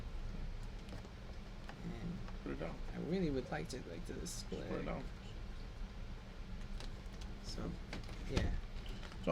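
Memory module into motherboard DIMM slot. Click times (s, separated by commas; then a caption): 8.4 s. A memory module is lined up with the slot notch and pushed down into a motherboard DIMM slot while someone talks, with small clicks and taps along the way. The retention clips snap with a sharp click at 8.4 s, and the stick is seated.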